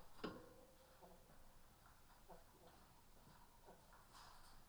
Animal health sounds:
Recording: poultry house recording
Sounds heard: healthy chickens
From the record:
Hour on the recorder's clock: 13

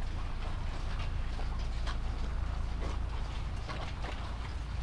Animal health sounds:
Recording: poultry house recording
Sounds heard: sick chickens (respiratory disease)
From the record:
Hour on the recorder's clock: 20

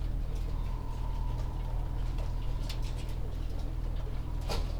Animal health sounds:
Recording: poultry house recording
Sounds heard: healthy chickens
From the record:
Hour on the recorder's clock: 14

